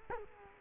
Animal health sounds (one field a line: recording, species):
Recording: mosquito wingbeat signal from an infrared sensor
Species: Culex quinquefasciatus